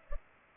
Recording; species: mosquito wingbeat signal from an infrared sensor; Culex pipiens